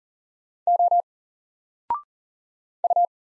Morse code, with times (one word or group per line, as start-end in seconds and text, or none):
0.7-1.0 O
2.8-3.1 U